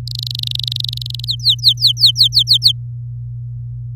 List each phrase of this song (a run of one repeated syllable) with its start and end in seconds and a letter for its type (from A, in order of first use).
0.07-1.25 A, 1.27-2.72 B